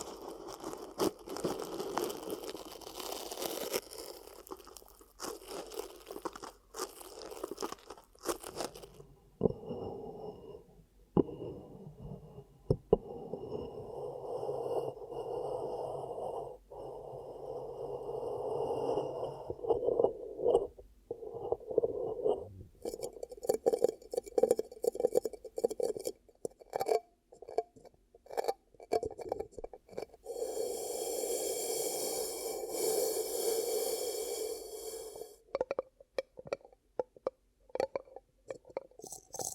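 ASMR ear cupping triggers: muffled rubbing and swishing, dense and busy for nine seconds, then softer hollow cupping pats with crisp crackles around 30 seconds.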